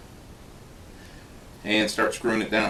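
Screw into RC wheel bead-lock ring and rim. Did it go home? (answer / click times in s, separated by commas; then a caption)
no / none. A small screw sits in the bead-lock ring of a Maxstone 10 RC wheel, lined up with one of the holes in the rim before being screwed down. The first 1.6 seconds are faint low background noise, then someone talks until the end. Nothing has seated or clicked yet.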